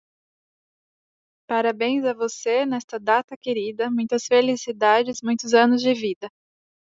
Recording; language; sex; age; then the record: short text; Brazilian Portuguese; female; 20 to 29 years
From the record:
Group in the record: control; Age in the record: 28 years